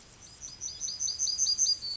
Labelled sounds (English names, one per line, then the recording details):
Yellowhammer song
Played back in grassland
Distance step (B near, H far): E
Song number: 057